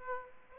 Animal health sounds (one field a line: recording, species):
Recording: mosquito wingbeat signal from an infrared sensor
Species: Aedes aegypti